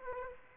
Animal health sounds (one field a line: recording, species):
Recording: mosquito wingbeat signal from an infrared sensor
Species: Aedes aegypti